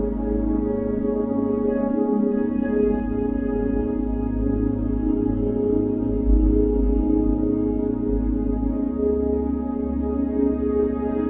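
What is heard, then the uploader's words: A sustained chime tone hums with deep low brain-wave pulsing beneath it, the bass shifting in level every few seconds. The ringing is steady and dense, with many layered tones stacked above and a gentle wavering throughout, holding an even loudness. Chime & 30hz Brain Waves.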